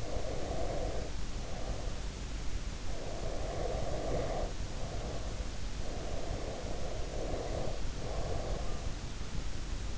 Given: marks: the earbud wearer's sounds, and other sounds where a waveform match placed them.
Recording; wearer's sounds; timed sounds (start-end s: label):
sounds in sleep by an in-ear microphone; breath
0.00-2.20 s: breath
3.05-5.39 s: breath
5.97-8.83 s: breath